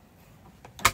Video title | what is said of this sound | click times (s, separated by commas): Fridge and Freezer on a Cruise America RV | make sure you hear the click push it in | 0.9 s